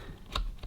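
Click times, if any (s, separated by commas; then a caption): 0.4 s. A laptop RAM stick in an Apple MacBook Pro A1278, moved from the bottom memory slot to the top slot, is pressed down until its side retaining clips snap. A sharp, bright click at 0.4 s stands out over a few softer ticks and handling noise around 0.3 s and 0.6 s. The module is fully seated and clicks into place.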